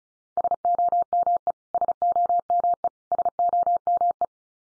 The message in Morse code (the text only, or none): SOME SOME SOME